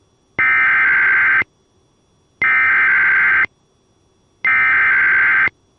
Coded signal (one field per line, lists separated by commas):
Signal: Emergency Alert System (SAME) tones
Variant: header bursts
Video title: Winter Storm Warning | EAS #403